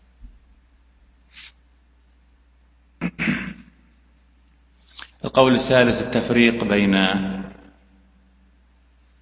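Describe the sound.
A single sharp, breathy sneeze bursts out after a brief quiet stretch, followed shortly by a man speaking steadily.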